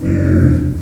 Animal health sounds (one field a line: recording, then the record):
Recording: squeal of a Yucatan mini pig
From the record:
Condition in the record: after surgery on the right vocal fold (resection and tissue-engineered implant)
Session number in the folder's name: 7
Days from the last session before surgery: 47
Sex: female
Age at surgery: 19 weeks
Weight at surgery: 25 kg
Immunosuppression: prednisolone